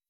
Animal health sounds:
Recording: hydrophone in a shrimp aquaculture tank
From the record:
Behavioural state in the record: weakened

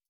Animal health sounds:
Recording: hydrophone in a shrimp aquaculture tank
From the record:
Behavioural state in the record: stressed

